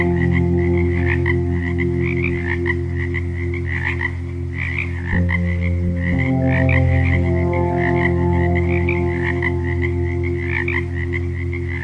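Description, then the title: Frogs croak in a busy, rhythmic chorus while soft sustained music tones hold and change chord. Ambient frog sounds mixed with meditation music tones. "Frogs and Meditation Tones for Easy Relaxing |Quick Relaxation Ep4"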